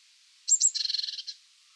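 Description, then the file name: Eurasian blue tit call: two thin high notes leading straight into a quick, buzzy churring trill. "Cyanistes caeruleus"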